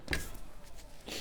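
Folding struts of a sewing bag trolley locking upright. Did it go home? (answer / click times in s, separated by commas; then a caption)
yes / 0.1 s. The folding struts of a sewing bag trolley are raised to stand straight up and lock in place. Two quick clicks are heard at 0.1 s, the second one louder, and the struts are seated.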